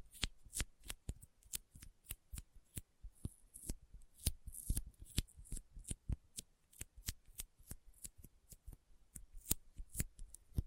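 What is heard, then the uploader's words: Sticky finger sounds: sharp little clicks and snaps as fingers pull apart, coming every quarter to half second, fairly regular across the whole clip. Each pop is crisp and bright, with faint tacky rustling between them and a few clustered double snaps. ASMR Intense Sticky Finger Sounds (No Talking).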